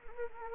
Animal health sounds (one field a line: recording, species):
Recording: mosquito wingbeat signal from an infrared sensor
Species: Anopheles gambiae